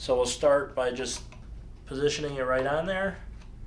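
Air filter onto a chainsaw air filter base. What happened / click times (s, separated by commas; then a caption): Handled, not yet home: the filter is only positioned, no seating click / none. A new air filter from an ECHO YouCan 90175Y maintenance tune-up kit is positioned on a chainsaw's air filter base, with its small legs meant to hook around the base's tabs before a quarter-turn clockwise twist locks it with a click. Someone talks throughout, and no distinct handling sounds stand out. Nothing has seated or clicked yet.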